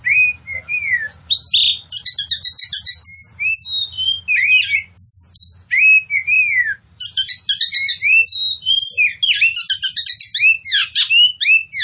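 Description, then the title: Oriental magpie-robin pouring out a loud, varied song of rising and falling whistles and quick trills, with a brief pause midway. Described as in full, vigorous song. "Kacer Poci Gacor"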